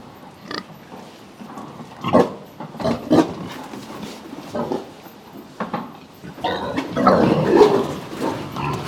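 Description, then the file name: Pigs grunting and squealing irregularly, several animals overlapping, with a louder burst of squeals and clatter in the last few seconds. Pigs on an intensive pig farm in Texas, USA. "felix blume animals pigs farm intensive texas usa"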